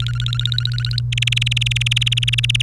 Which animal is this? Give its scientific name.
Serinus canaria